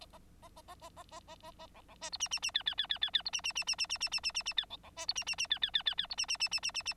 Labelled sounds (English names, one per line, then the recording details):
Bengalese Finch song
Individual Bird9